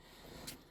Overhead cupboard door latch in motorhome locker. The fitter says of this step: closing them just should hear a firm click